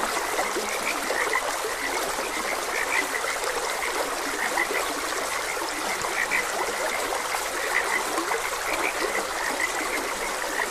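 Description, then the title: Steady frog chorus, bright repeated notes coming in bursts, against a continuous background of running water. Frogs croaking beside a gentle stream. "Gentle Stream and Frogs Croaking"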